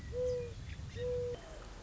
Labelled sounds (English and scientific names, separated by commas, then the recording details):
Mourning Dove (Zenaida macroura)
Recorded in Sonoma County, California